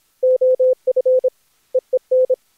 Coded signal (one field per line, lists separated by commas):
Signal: Morse code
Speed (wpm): 26 wpm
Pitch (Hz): 510 Hz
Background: none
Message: OF EEN